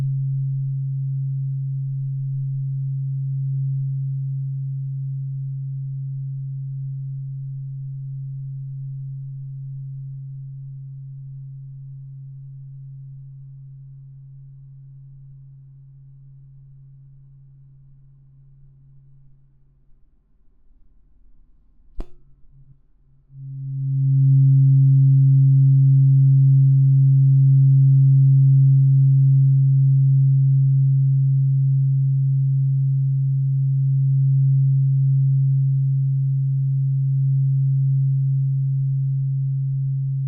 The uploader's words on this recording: ASMR×KU100. 音叉震腦. (OM136.1HZ&4096HZ) | Tuning Fork | NO Talking.